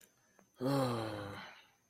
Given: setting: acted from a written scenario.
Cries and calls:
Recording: vocal sound without words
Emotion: relief

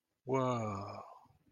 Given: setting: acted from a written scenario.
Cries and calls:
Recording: vocal sound without words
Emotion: romantic love

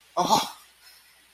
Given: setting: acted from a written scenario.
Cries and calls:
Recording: vocal sound without words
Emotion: negative surprise

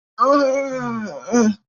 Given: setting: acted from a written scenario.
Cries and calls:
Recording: vocal sound without words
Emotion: pain

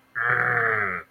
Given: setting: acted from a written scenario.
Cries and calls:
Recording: vocal sound without words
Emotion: disgust

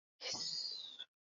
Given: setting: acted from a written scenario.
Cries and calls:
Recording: vocal sound without words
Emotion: triumph

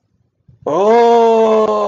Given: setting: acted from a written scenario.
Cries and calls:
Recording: vocal sound without words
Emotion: negative surprise

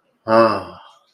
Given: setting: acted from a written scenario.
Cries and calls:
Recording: vocal sound without words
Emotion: romantic love

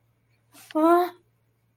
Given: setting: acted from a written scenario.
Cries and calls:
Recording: vocal sound without words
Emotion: fear

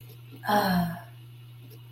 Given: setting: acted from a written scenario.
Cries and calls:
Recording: vocal sound without words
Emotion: contentment

